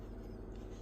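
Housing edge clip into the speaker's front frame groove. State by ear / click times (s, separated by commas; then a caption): not seated / none. While reassembling a Marshall Willen portable Bluetooth speaker, the rubber or plastic housing edge is pried into the front frame groove by hand so its clip can lock, with only a steady low rumble and faint handling noise heard. Nothing has seated or clicked yet.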